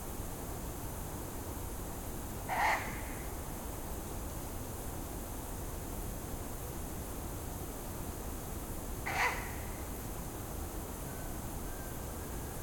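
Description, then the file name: Ural owl uttering two rough, barking notes roughly seven seconds apart, each brief and grating, against a constant low rumble and hiss. "Strix uralensis - Ural Owl"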